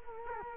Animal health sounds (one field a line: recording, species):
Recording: mosquito wingbeat signal from an infrared sensor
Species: Culex quinquefasciatus